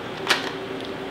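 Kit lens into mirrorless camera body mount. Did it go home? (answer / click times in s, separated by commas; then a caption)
yes / 0.3 s. A kit lens, lined up by its white dot with the white mark on a Sony ZV-E10 mirrorless camera body mount, is twisted until it locks. A single short, bright click sounds at 0.3 s over a steady low background hum. The lens is seated in the mount.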